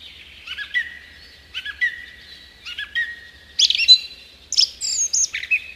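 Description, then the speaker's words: Song thrush song: a short whistled phrase with a falling dip repeated three times at about one-second intervals, followed by louder, varied ringing phrases. Sings from the top fork of a tree; often mistaken for a thrush nightingale. "Jep, nyt kiipeää tuonne radiomaaston ylimpään haarukkaan laulurasta. ja kajauttaa koko Suomeen meidän kaikkien iloksi."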